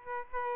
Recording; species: mosquito wingbeat signal from an infrared sensor; Aedes albopictus